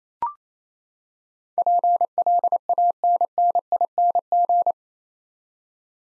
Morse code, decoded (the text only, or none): PLANNING